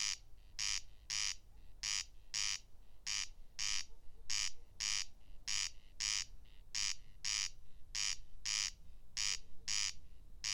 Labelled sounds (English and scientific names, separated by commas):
Corn Crake (Crex crex) song